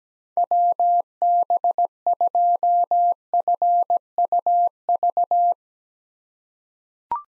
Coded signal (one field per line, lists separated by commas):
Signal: Morse code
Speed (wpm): 17 wpm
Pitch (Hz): 700 Hz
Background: none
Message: WB2FUV